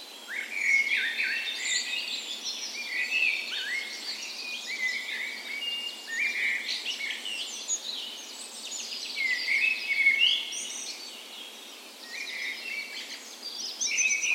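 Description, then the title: Many birds singing together at daybreak, continuous warbles, short whistles and chirps layered densely, dipping briefly before resuming. Dawn chorus in a park west in Bergen, Norway, morning of 17 May, Norway's National Day, full spring; recorded with Sony PCM A10 and LOM Micro Usi microphones used as tree ears. "17th Of May Dawn Chorus"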